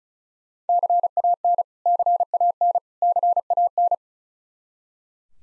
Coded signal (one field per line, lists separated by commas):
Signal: Morse code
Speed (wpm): 36 wpm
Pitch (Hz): 700 Hz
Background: none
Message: CAN CAN CAN